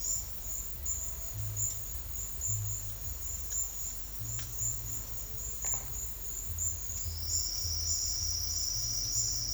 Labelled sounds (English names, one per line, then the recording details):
none
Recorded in secondary vegetation near Puerto Asís, Putumayo, Colombia, on 28 February 2025 at 12:00
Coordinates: 0.484, -76.319
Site G010